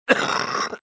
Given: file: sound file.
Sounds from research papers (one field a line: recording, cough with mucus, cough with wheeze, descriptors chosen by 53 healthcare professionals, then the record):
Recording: cough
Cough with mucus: yes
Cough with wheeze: no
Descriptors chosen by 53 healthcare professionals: productive 47, loose 37, moist 30, rattling 23, wheezy 8, hoarse 2, dry 0, brassy 0, bovine 0, barking 0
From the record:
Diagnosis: bronchiectasis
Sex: male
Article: The description of cough sounds by healthcare professionals